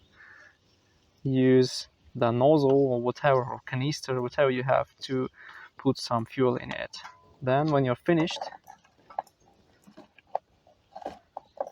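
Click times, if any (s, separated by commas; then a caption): 9.2 s, 10.4 s, 11.4 s, 11.6 s. After refuelling a Honda CR-V, someone talks, then the plastic fuel filler cap is screwed back into the fuel filler neck and turned until its ratchet clutch clicks. Sharp ratchet clicks are heard at about 9.2, 10.4, 11.4 and 11.6 seconds, showing the cap is tightened.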